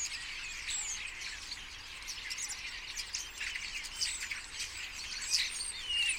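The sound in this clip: Common starlings giving a restless stream of squeaky whistles, clicks and rattling notes, with a few sharper whistles near the end.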